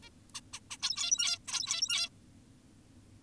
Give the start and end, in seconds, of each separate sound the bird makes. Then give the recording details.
0.03-0.09, 0.35-0.41, 0.54-0.60, 0.71-0.77, 0.82-1.38, 1.48-2.09. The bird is an adult. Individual g17y2U